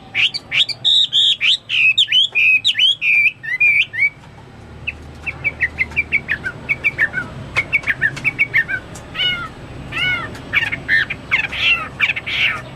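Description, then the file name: Chinese hwamei song: rapid repeated whistled notes, then quieter choppy chips building into loud varied buzzy and slurred phrases. "omkicau hwamei"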